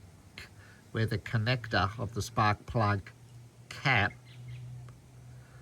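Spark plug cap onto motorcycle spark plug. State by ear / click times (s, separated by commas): seated / 0.4 s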